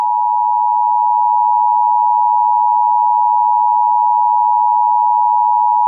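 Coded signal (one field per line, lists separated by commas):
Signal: Emergency Alert System (SAME) tones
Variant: 853 and 960 Hz attention tone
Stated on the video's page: Entirely fictional EAS scenario.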